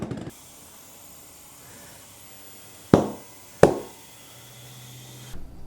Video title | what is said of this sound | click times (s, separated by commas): Tried the Rabaconda Again on My Harley… Did It Actually Work This Time? (Part 1) | This bead, you heard it pop. It sounds like it's on, but it is not. | 2.9 s, 3.6 s